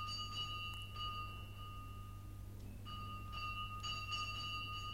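The bell at a monastery gate rings twice in quick succession in the evening, each ring a bright, sustained metallic tone lasting a couple of seconds, over a steady low hum with no voices.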